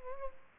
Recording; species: mosquito wingbeat signal from an infrared sensor; Culex pipiens